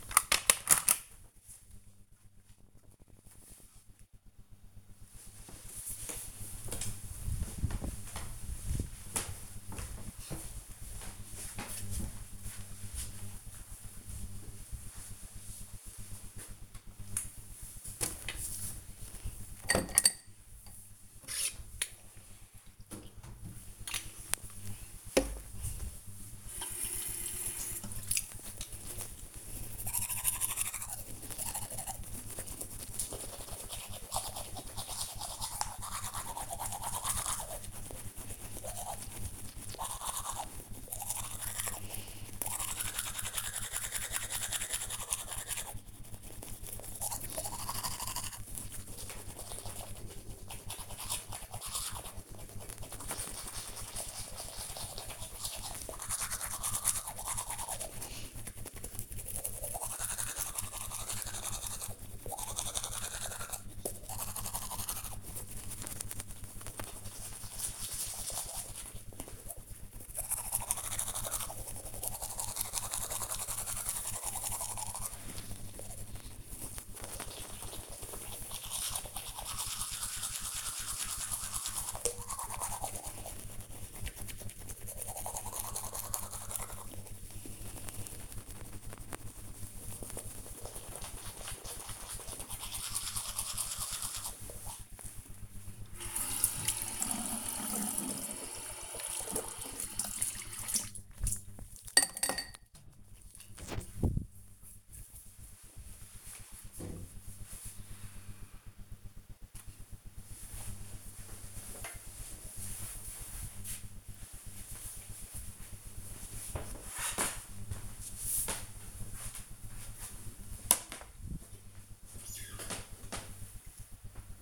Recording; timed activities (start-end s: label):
household activities, microphone on the right wrist
0.00-1.29 s: putting away the dishes
16.41-103.20 s: brushing teeth
119.33-124.42 s: drinking